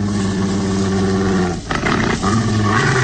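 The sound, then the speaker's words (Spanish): An enormous mastiff named Lucifer, hidden in dry thickets under pale moonlight, growls deeply and threateningly, loud and steady for about three seconds, pausing briefly twice near the middle before resuming. No one speaks. “Escucha más claramente aquel gruñido amenazante.”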